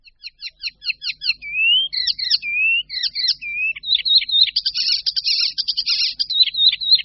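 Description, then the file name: Icterine warbler starting with a row of evenly repeated twangy notes, then rising whistles and a dense buzzy chatter. "Sedmihlásek hajní"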